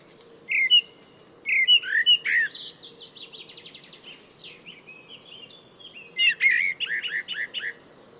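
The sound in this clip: Bird with a long rambling song of sharp chirps, a buzzy trill and a closing series of rapid downslurred whistled notes.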